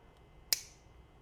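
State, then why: Seated. A small bike electronic wire plug, a Shimano Di2 12-speed coupling, is pressed into its shifter port with a plug tool. A single sharp, bright snap at 0.5 s rises well above the quiet background and rings off briefly in the high frequencies. The plug is seated and engaged in the port.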